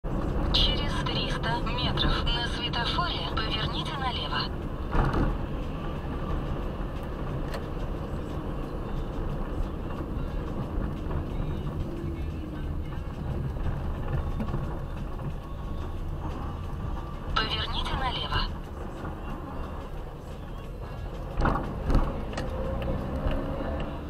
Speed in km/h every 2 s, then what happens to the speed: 52, 49, 42, 42, 46, 42, 30, 19, 15, 19, 16, 17.
0-4 slows to 42. 4-10 steady at about 42. 10-15 brakes to 15. 15-24 steady at about 16.